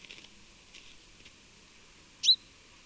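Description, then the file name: Common chaffinch giving a single loud, brief call near the end, after a few faint ticking sounds. "Fringilla coelebs"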